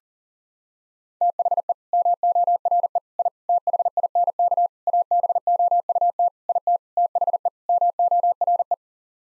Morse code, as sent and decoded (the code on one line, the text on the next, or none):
- .... . / -- --- .-. . / .. / - .... .. -. -.- / .- -... --- ..- - / .. - / - .... . / -- --- .-. .
THE MORE I THINK ABOUT IT THE MORE